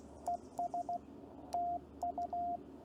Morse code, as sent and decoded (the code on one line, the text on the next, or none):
. ... / - ..-
ES TU